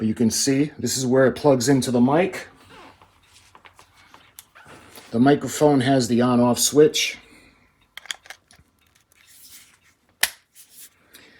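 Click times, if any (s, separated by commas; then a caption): 10.2 s. Someone talks while handling a wired handheld microphone, which has an on-off switch and comes with a PYLE Bluetooth portable, rechargeable, battery-powered outdoor speaker. After soft handling taps around 8 s, the microphone cable's connector is pushed into the base of the microphone. A sharp, loud click at 10.2 s marks it seating in place.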